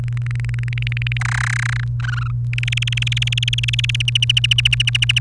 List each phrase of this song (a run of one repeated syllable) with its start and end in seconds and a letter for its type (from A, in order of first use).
0.08-1.17 A, 1.21-1.84 B, 2.00-2.31 C, 2.53-4.02 D, 4.08-5.19 E